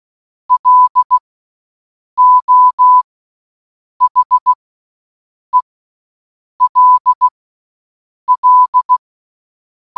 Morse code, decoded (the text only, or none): LO HELL